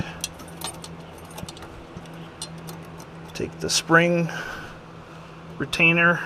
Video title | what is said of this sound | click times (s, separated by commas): How To - Change 2002 F-150 fuel filter with a MAGNET | on till you hear click | 0.2 s